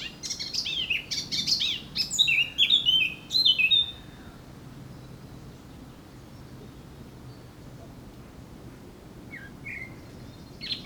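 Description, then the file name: Eurasian blackcap singing a hurried chattering warble that ends in loud, clear whistled phrases, followed by a long quiet stretch with a few faint notes near the end. "Sylvia atricapilla"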